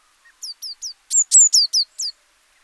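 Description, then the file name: Eurasian blue tit giving a rapid series of about eight clear, high, falling notes, growing louder midway, in an otherwise silent background. "Cyanistes caeruleus"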